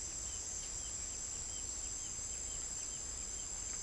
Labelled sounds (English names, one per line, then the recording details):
none
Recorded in dense forest near Puerto Asís, Putumayo, Colombia, on 20 December 2024 at 09:00
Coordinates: 0.485, -76.318
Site GP03